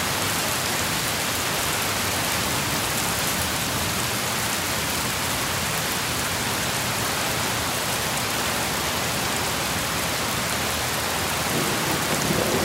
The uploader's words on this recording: Heavy Thunderstorm. The low rumble of thunder and the pitter-patter of rain on the roof create a soothing ambience. This episode features only natural soundscapes with no dialogue or voice.